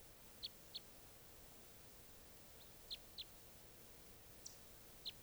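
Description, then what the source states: Red crossbill calls: several short, crisp 'kip' notes, some in quick pairs, with pauses between, against low steady noise. Type 3 call; one crossbill held in a net during recording; recordist tried to collect a type 3 bird, which flew off.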